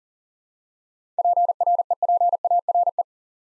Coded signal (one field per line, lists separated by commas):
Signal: Morse code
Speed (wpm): 42 wpm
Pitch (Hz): 700 Hz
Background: none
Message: PREPARE